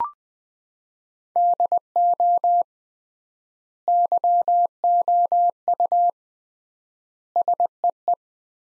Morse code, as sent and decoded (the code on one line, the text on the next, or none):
-.. --- / -.-- --- ..- / ... . .
DO YOU SEE